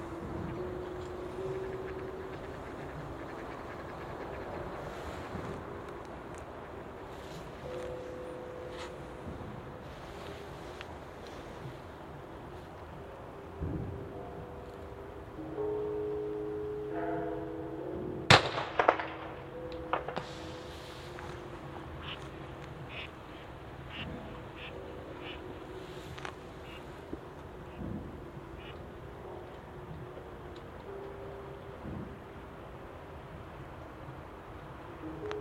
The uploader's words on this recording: New Year's eve recording in a field in Japan. Recorded with an Audio-Technica BP4025 stereo microphone and a Tascam DR-70D recorder mounted on a tripod.